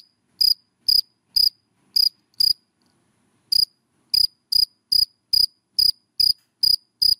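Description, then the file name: Cricket chirps, crisp high-pitched pulses spaced about half a second apart, broken by a pause of roughly a second before resuming. Crickets calling, given by the Vietnamese names dế mèn, dế cơm and dế than. "Tieng de men de com de than keu"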